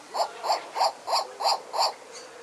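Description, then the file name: Turaco giving a series of hoarse, gruff notes, evenly spaced about a third of a second apart. "singing bird turaco"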